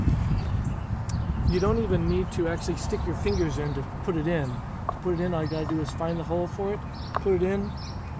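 Someone talks throughout while a speakON-style twist-lock speaker cable plug is handled at its socket in a speaker cabinet, about to be inserted and twisted to the right to lock. A brief sharp sound occurs at 1.1 seconds. The clip ends before the plug goes home, so nothing has seated or clicked yet.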